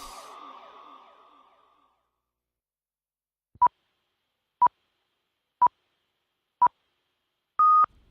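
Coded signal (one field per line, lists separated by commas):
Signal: radio time signal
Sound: four short beeps a second apart, then one longer, slightly higher beep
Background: fading broadcast audio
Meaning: The final long pip marks the exact start of the hour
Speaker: Son las señales horarias de las 9, las 8 en la Comunidad Canaria.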